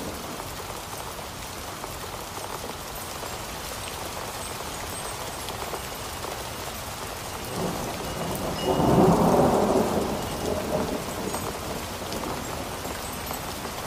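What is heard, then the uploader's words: Steady rain falls through a storm, a dense, even hiss with fine patter spread across the whole clip. Around the eighth second a low roll of thunder swells, peaks near nine to ten seconds, then fades back under the rain. A Relaxing Storm.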